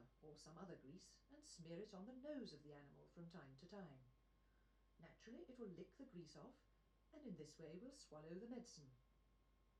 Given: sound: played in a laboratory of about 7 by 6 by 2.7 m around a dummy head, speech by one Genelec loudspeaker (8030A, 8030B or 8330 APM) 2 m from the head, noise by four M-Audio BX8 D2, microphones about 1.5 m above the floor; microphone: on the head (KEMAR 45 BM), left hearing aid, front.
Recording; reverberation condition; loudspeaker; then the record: female speech in English; low; 60 degrees to the right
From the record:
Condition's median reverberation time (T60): about 310 ms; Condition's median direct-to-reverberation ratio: about 3.5 dB